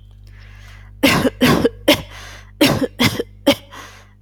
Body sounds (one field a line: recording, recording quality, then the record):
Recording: shallow voluntary cough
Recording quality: moderate, slight background noise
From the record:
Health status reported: healthy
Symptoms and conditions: none ticked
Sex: female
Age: 28 years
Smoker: not ticked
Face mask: not worn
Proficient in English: yes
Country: India